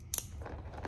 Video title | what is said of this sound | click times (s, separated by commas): Tutorial 160 Watt CIGS Flexible Solar Kit Installation | insert into the female tip you'll hear the little click | 0.2 s